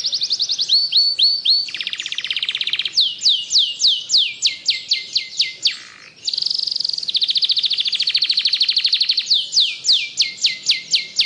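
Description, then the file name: Atlantic canary song, a fast continuous run of trilled tours, each a rapid string of repeated notes, some with high descending sweeps, shifting pitch every second or two. Canary singing continuously without pause, a song style called ngebren. "Suara Kenari Ngebren"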